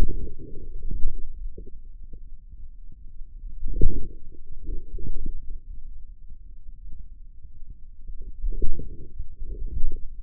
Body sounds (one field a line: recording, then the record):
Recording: forearm muscle sounds (acoustic myography)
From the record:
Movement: inward rotation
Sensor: system 2, bracelet of six BSWA MPA416 microphones around the upper forearm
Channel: 6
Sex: male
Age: 22 years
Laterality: right